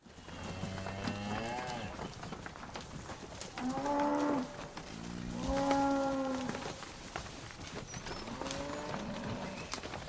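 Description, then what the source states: Cows lowing in long, drawn-out moos at intervals, with shuffling hooves and rustling movement throughout. Cow herd movement.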